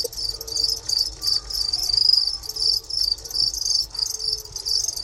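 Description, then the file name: Two-spotted cricket giving rapid pulsed chirps, the shrill high notes swelling and fading in short bursts over a low hum. Recorded at a museum in Moscow, Russia, on 3 March 2016. "Gryllus bimaculatus in Darvinovskiy museum 2016-03-03"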